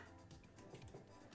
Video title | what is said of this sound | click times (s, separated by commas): Review: CalDigit TS3 Plus - the best Thunderbolt 3 dock for Mac [9to5Mac] | one of the things that I appreciate about the SD card reader is that it clicks into place like this so | 0.6 s